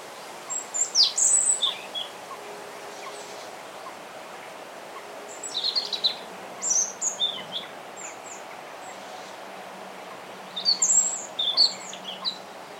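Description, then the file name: European robin delivering several phrases of high, sparkling, varied notes, some trilled and some sliding, with short pauses between them over a soft hiss and a faint low hum. "Erithacus rubecula"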